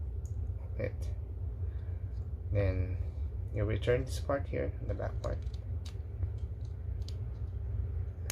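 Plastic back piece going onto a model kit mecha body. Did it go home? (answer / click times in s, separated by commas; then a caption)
yes / 8.3 s. The back part of a plastic 1/300 mecha model kit is fitted back onto the figure's body while someone talks over a steady low hum, with a few faint ticks between about 5.9 and 7.1 seconds. A loud, sharp click at 8.3 seconds marks the piece locking into place.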